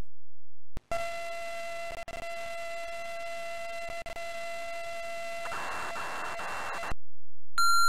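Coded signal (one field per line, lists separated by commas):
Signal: computer data on cassette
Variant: TI-99/4A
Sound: six seconds of hissy tape data with steady harmonic tones, silence, then a short steady beep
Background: tape hiss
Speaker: if you noticed he failed really early it barely got out of the file header before I printed that message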